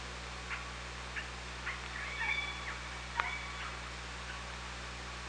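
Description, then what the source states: Killer whale calls, several short faint tonal bursts at irregular intervals, with a longer tonal note midway, over steady hiss and low hum. On an OrcaLab hydrophone, 24 August 2017 at 18:52.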